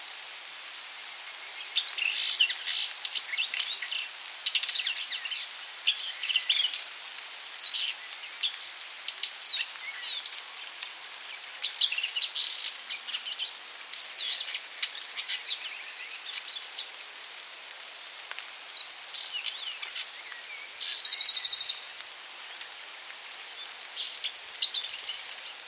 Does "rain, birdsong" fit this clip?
yes